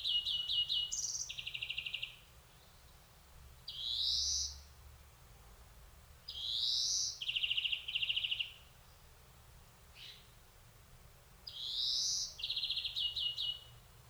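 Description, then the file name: European greenfinch calls: short buzzy trilled rattles alternating with drawn-out rising wheezes, phrases repeated every few seconds. "Chloris chloris"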